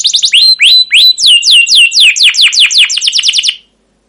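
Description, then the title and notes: Canary song: rapid series of high descending chirps, shifting between phrase types, then ending abruptly. Continuous, long song ('gacor panjang', 'cuit cuit ngerol') meant as a lure and master tutor for training young caged canaries to learn sounds. "CUIT CUIT NGEROL LANGSUNG GACOR PANJANG Kenari Pancingan KENAR. PANCINGAN Kenari GACOR PANJANG Cuit CUIT EMOSI MASTERAN Kenari PAUD belajar BUNYI. burung kenari"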